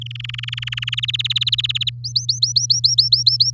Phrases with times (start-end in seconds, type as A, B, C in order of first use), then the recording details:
0.01-0.95 A, 0.97-1.90 B, 2.04-3.50 C. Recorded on 6 May 2018 at 08:26. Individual llb16